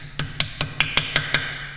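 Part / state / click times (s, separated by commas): hex driver bit into differential fill plug socket / seated / 0.2 s, 0.4 s, 0.8 s, 1.0 s, 1.2 s, 1.3 s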